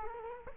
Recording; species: mosquito wingbeat signal from an infrared sensor; Culex quinquefasciatus